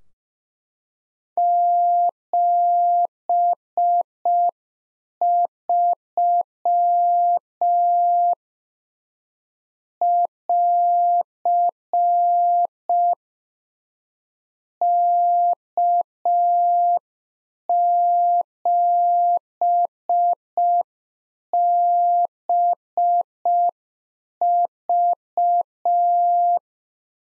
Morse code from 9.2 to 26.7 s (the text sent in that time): <AR> K7BV